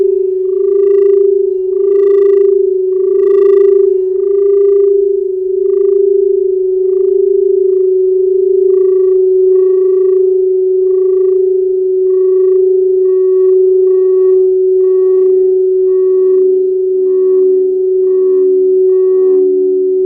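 A crystal singing bowl holds one pure, steady mid-pitched tone, with a soft wavering pulse and faint bright overtones throughout, no other sounds.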